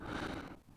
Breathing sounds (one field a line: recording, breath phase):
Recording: one breath near a microphone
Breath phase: exhalation